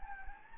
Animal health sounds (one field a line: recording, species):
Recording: mosquito wingbeat signal from an infrared sensor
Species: Anopheles gambiae